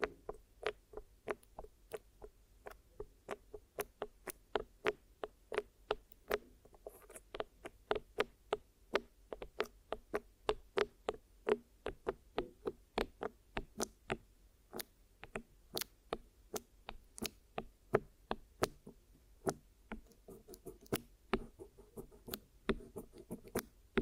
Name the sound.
Glue Ear Massage and Cleaning